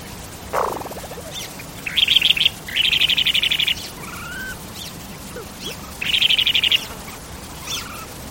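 Bird calls: a harsh descending note, then several quick buzzy trilled bursts at intervals, plus a few soft thin whistles over quiet background hiss.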